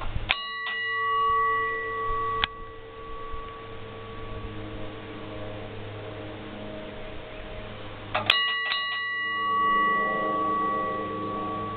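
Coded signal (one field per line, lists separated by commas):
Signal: bell signal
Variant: ship engine room bell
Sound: a clear metal bell rings twice, once more, then four quick strikes, ringing on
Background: low machinery hum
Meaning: Engine commands sent from the wheelhouse to the engine room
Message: 2-1-4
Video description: A run through of engineer bell signals. The bell or whistle signals were used as a means of communicating engine commands from the wheelhouse to the engine room.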